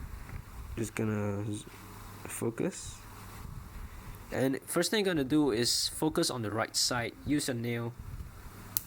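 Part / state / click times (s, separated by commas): toy belt buckle coming off the figure's rubber belt strap / released / 8.8 s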